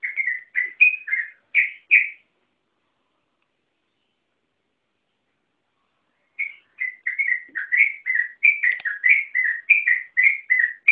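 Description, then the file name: Yellow-vented bulbul gives a brief burst of chattering whistled notes, falls silent for several seconds, then resumes with a longer run. Song style called ropel panjang, a long rapid-fire song run. "suara burung trucukan ropel panjang"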